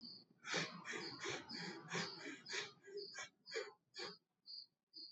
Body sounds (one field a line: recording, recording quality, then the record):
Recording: shallow breathing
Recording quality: excellent, no background noise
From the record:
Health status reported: COVID-19 positive, mild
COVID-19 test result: positive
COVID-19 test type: RT-PCR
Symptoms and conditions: cough, cold, fever, fatigue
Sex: male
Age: 23 years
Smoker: no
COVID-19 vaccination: both doses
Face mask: not worn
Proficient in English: yes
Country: India